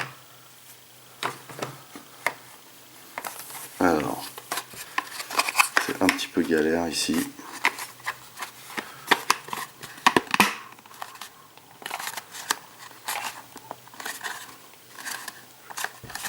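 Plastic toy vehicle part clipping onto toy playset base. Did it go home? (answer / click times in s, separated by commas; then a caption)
no / none. Someone talks while handling a plastic Talon Fighter/Point Dread toy vehicle part against a toy playset base, producing sharp plastic taps, knocks and rattles. The part has not clipped or seated yet by the end of the clip.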